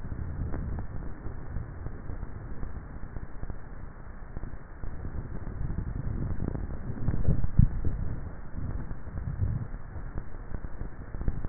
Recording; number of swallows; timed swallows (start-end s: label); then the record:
swallowing sounds by neck microphone; 1
7.02-7.82 s: swallow
From the record:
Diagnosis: dysphagia